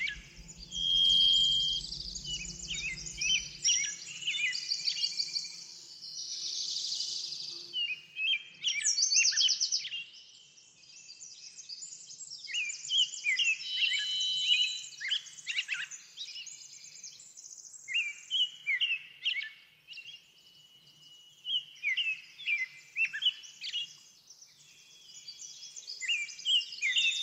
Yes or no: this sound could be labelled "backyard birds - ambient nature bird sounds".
yes